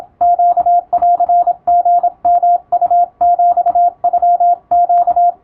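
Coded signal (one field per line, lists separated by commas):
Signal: Morse code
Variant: Japanese Wabun code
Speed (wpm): 26 wpm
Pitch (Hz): 700 Hz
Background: none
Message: ネンリヨウヒノネ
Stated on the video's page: Japanese Wabun Morse receiving practice in radiotelegraph operator exam telegram format, with adjustable speed.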